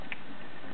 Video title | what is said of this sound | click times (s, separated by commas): DX Dekabikerobo dekaranger french review | ici ici et ça va se clipser là aussi donc | 0.1 s